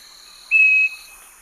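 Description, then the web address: Scaly-breasted Wren song: one clear, sustained whistle, with a continuous high insect hum behind it. Eastern lowlands of South America. "Natures Songs S America Eastern Lowlands Microcerculus marginatus, song"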